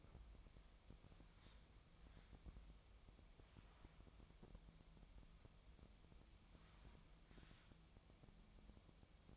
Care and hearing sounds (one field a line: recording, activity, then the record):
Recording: daily activity, microphone in the room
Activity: wipe stove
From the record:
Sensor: 1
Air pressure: 1004.8 hPa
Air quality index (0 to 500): 88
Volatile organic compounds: 2 ppm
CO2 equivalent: 1194 ppm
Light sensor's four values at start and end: 9/22/9/9 and 9/22/9/9